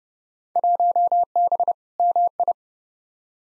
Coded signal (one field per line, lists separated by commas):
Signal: Morse code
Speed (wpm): 30 wpm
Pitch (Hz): 700 Hz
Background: none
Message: 1B MI